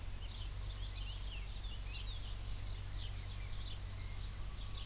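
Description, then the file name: Zeuneriana abbreviata song: short, very high-pitched hissing pulses repeated steadily about twice a second, over a constant low rumble. Recorded at Ordizan on 24 June 2016, air temperature 26 °C. "Zeuneriana-abbreviata Ordizan 20160624 26 °"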